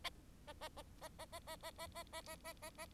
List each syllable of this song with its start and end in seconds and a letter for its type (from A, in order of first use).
0.47-0.53 A, 0.61-0.68 A, 0.77-0.82 A, 1.01-1.08 A, 1.19-1.25 A, 1.32-1.39 A, 1.47-1.56 A, 1.63-1.71 A, 1.78-1.87 A, 1.95-2.03 A, 2.13-2.21 A, 2.26-2.35 A, 2.44-2.53 A, 2.62-2.70 A, 2.78-2.86 A